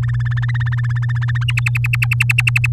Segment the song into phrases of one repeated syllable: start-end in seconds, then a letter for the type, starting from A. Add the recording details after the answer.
0.03-1.44 A, 1.48-2.67 B. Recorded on 7 May 2018 at 14:04. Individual llb16